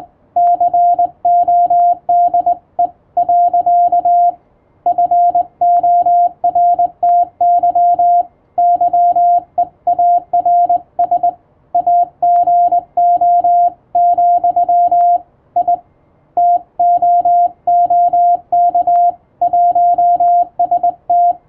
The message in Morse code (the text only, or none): CODE. FORTY YEARS AGO, I TOOK 1ST